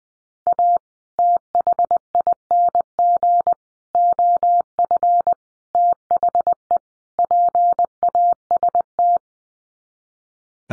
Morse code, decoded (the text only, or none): A THING OF THE PAST